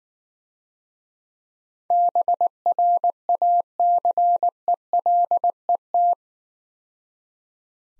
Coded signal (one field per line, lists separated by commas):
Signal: Morse code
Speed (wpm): 19 wpm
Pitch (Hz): 700 Hz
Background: none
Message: BRACELET